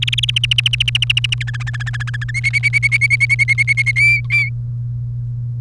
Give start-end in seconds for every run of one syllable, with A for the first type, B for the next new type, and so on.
0.02-0.30 A, 0.36-1.34 B, 1.41-2.31 C, 2.34-3.92 D, 3.96-4.49 E